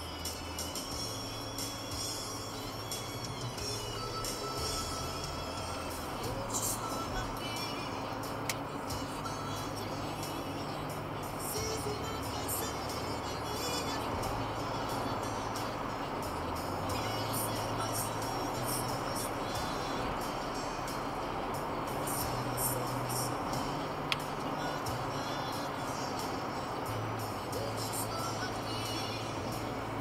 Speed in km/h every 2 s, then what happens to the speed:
88, 95, 103, 105, 109, 113, 115, 116, 118, 119, 121, 122, 125, 124, 127.
0-30 speeds up to 127.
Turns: none.